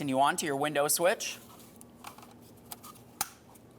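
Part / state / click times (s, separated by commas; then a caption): electrical connector into power window switch / seated / 3.2 s. Someone talks briefly, then a wiring connector is pushed onto the back of the power window switch from the door panel of a 2003–2011 Mercury Grand Marquis. A few faint ticks lead up to one loud, sharp click at 3.2 s as the connector latches and seats.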